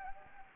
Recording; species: mosquito wingbeat signal from an infrared sensor; Anopheles gambiae